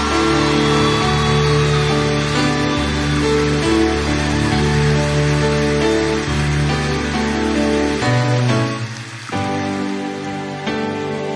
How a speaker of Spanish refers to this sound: Los aplausos para mis pichonas, bien fuerte.